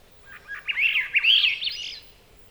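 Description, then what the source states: Swainson's thrush song: a single breezy phrase of fluty notes spiralling upward in pitch. Subspecies ustulatus.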